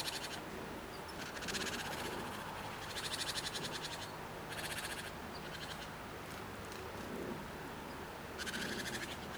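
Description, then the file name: Great tit chattering calls, repeated harsh rattled bursts spread through the recording over a fairly loud, rushing background noise. "Parus major"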